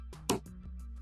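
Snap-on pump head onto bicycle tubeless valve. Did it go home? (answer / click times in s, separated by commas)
yes / 0.3 s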